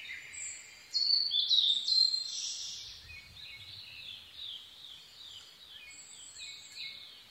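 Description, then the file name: Blue-and-white flycatcher singing a bright burst of high whistled notes, then softer descending slurred phrases trailing off, with other faint bird calls behind. Recorded 22 May 2011 at 04:34. "ooruri-20110522-0434"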